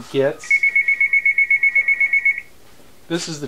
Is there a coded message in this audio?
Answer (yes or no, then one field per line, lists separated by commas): no